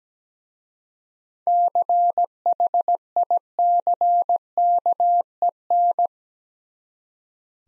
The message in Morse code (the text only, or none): CHICKEN